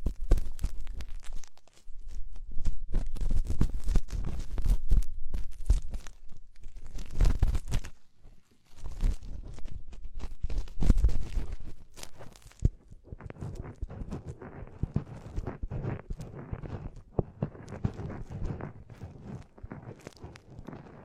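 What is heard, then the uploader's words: Deep ear cleaning and massage sounds: dense crackling, rubbing and crunching, with heavy low thumps in the first half. After about twelve seconds the handling turns lighter and softer, with a steady scratchy rustle and occasional sharper clicks. Enhanced version of deep ear cleaning, massage.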